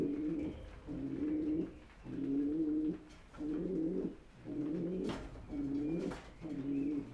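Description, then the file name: Pigeon coos come as a run of flat, low hooting notes about once per second, interrupted by two sharp ticks. "holub"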